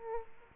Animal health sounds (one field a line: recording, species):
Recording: mosquito wingbeat signal from an infrared sensor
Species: Aedes aegypti